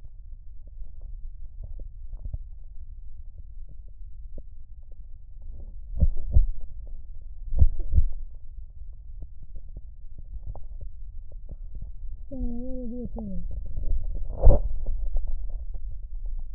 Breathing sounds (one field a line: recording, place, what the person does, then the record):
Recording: lung sounds by stethoscope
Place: left posterior basal chest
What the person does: quiet breathing, then cough and speech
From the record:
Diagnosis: interstitial lung disease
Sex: male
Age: 47 years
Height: 159 cm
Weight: 66.8 kg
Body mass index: 26.4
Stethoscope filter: extended mode